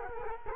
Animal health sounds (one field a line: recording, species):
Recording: mosquito wingbeat signal from an infrared sensor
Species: Culex quinquefasciatus